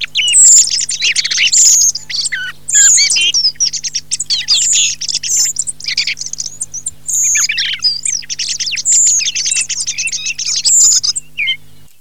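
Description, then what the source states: Thrush singing a long, busy stream of varied high whistles, chattering trills and thin squeaks in quick phrases, easing off toward the end; a faint low hum persists throughout. Filtered recording.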